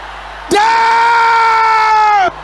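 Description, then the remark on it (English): A loud, sustained shout from an audience at a prayer service erupts, held at one steady, fairly high pitch for almost two seconds before breaking off abruptly, with no talking around it. “Is that the loudest you can shout it?”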